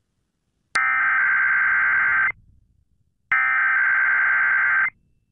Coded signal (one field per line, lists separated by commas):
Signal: Emergency Alert System (SAME) tones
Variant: header bursts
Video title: This didn’t work out too well | KDKA Required Weekly Test (June 4, 2023) (EAS #783)